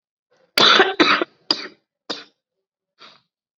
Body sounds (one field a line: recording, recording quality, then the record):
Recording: shallow voluntary cough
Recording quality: excellent, no background noise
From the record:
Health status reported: COVID-19 positive, mild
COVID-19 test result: positive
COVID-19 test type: rapid antigen test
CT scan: not taken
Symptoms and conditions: cough, fatigue, muscle pain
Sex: male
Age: 25 years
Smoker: no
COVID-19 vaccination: both doses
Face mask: worn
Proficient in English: yes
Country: India